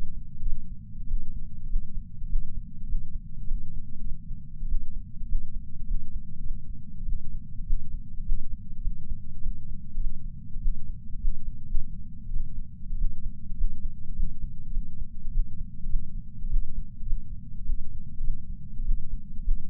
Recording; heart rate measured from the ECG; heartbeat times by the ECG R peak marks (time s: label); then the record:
heart sounds by patch sensor on the chest; 101 bpm
0.41 s: heartbeat
1.07 s: heartbeat
1.68 s: heartbeat
2.28 s: heartbeat
2.87 s: heartbeat
3.47 s: heartbeat
4.00 s: heartbeat
4.67 s: heartbeat
5.27 s: heartbeat
5.86 s: heartbeat
6.40 s: heartbeat
7.05 s: heartbeat
7.65 s: heartbeat
8.24 s: heartbeat
8.83 s: heartbeat
9.42 s: heartbeat
9.95 s: heartbeat
10.60 s: heartbeat
11.19 s: heartbeat
11.59 s: heartbeat
12.29 s: heartbeat
12.97 s: heartbeat
13.56 s: heartbeat
14.14 s: heartbeat
14.73 s: heartbeat
15.31 s: heartbeat
15.85 s: heartbeat
16.49 s: heartbeat
17.02 s: heartbeat
17.66 s: heartbeat
18.19 s: heartbeat
18.84 s: heartbeat
19.43 s: heartbeat
From the record:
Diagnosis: coronary artery disease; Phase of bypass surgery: postoperative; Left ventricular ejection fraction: 34.1%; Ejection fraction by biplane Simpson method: 29.5%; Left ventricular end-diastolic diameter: 66 mm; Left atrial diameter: 43 mm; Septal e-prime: 4.6 cm/s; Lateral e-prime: 6.7 cm/s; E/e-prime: 15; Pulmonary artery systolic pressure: 38 mmHg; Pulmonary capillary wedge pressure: 9 mmHg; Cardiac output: 3.4 L/min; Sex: male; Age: 47 years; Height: 180 cm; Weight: 90 kg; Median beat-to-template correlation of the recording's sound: 0.83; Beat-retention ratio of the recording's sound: 0.99